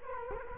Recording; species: mosquito wingbeat signal from an infrared sensor; Culex quinquefasciatus